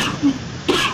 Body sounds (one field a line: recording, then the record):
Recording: coughing mixed with background sound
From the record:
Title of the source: 64 coughing, allergies, singing lungs